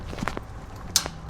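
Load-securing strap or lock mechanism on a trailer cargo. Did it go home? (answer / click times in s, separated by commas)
yes / 1.0 s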